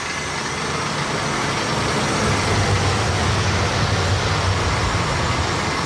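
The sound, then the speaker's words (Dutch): A garbage truck's diesel engine rumbles steadily for about six seconds, a deep low drone under broad mechanical noise, holding an even, fairly loud level with no voices, as the truck drives into the PreZero plastic waste facility in Hengelo, Netherlands. “De vrachtwagens rijden dus in zijn geheel erin?”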